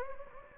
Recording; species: mosquito wingbeat signal from an infrared sensor; Anopheles gambiae